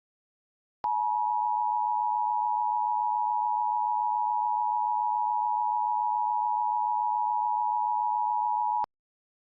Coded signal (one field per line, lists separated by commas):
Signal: Emergency Alert System (SAME) tones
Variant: 853 and 960 Hz attention tone